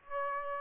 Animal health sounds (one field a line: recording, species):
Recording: mosquito wingbeat signal from an infrared sensor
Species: Aedes aegypti